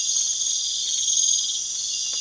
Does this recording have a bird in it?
no